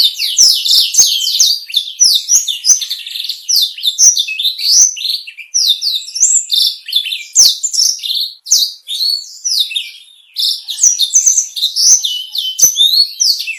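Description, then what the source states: Black-throated canary pouring out a long, high, chattering warble of sharp notes and rattling trills, steady and unbroken. Cage-bird training song recording, described as constant, crystal-clear singing (gacor kristal).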